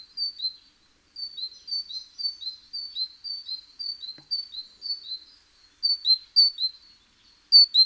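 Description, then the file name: Great tit delivering a long, even string of high two-note pairs, softer at first and louder toward the end, with a single faint click midway. "Parus major"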